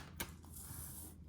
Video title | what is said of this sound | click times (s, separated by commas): How to upgrade the SSD in a 2013-2017 MacBook Air and 2013-2015 MacBook Pro | right here until you hear those two clicks that's how you know it's placed back in and then | 0.2 s, 0.4 s